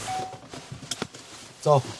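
Before test-driving the car, the driver fastens the seat belt, pushing the metal tongue into the buckle, which gives short, sharp clicks at 0.9 s and 1.0 s as it seats. Someone talks near the end.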